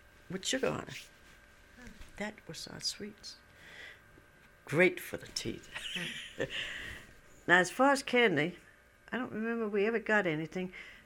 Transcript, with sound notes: with sugar on it. That was our sweets. Great for the teeth. ( she laughs ) Now, as far as candy, I don't remember if we ever got anything.